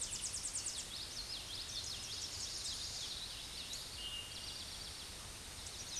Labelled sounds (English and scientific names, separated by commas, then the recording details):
Common Yellowthroat (Geothlypis trichas) song
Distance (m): 70 m
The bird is about 5 m above the microphone
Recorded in a Pennsylvania forest on 16 May 2024 at 08:02
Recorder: AudioMoth, point MSD-2163
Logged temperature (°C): 16.1 °C
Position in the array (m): 229 m, 180 m